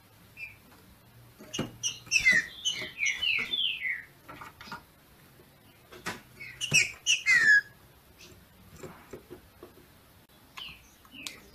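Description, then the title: Green-winged saltator giving two rapid bursts of whistled, downslurred notes several seconds apart, with clicking and rustling between them. Female singing in male style to stimulate the male. "FÊ MEA DE TRINCA FERRO MACHEANDO PARA ESQUENTAR O MACHO"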